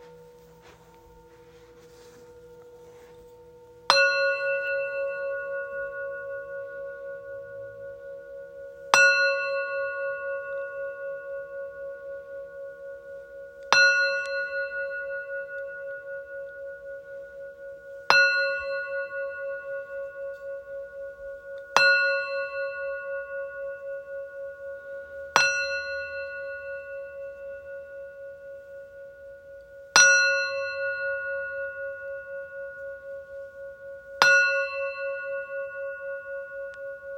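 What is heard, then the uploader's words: A Tibetan singing bowl is struck at regular intervals, about every four to five seconds, starting a few seconds in. Each strike gives a bright attack and a long ringing tone with a gentle wavering pulse that sustains until the next hit. Sounds of Tibetan Singing Bowls.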